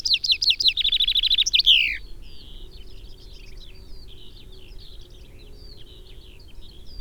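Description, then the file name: Common chaffinch song, a fast run of bright trilled notes ending in a loud flourish, followed by quieter twittering. "Fringilla coelebs"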